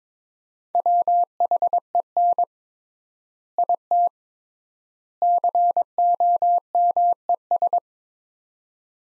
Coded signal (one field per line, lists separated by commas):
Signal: Morse code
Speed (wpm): 22 wpm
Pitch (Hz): 700 Hz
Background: none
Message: WHEN IT COMES